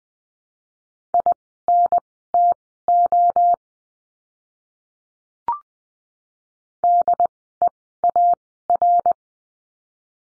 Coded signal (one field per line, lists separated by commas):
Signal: Morse code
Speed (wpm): 20 wpm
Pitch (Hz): 700 Hz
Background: none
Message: INTO DEAR